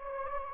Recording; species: mosquito wingbeat signal from an infrared sensor; Anopheles gambiae